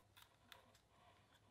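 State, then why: Seated. A swappable outlet plug adapter is pushed onto the USB-C power supply brick of a Moose Lite 3D scanner, plastic on plastic. After some soft handling ticks, it snaps into place with a single sharp click at 0.5 s, and the adapter is seated.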